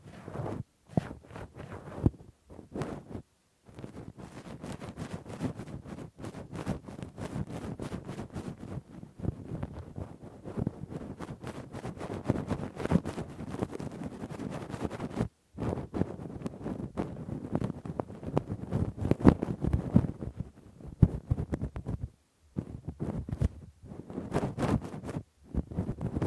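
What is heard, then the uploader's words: Rough scraping and rubbing from deep ear cleaning with a cotton swab and pick, dense and continuous, broken by several brief silent pauses. ASMR Intense Rough Deep Ear Cleaning w Q-tip, Ear Pick 1 Hour (No Talking).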